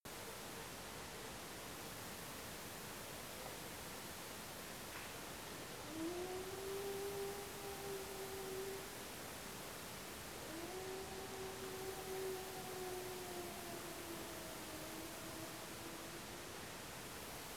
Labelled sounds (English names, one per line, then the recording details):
dog
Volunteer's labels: Autre biophonie hurlement chien
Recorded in France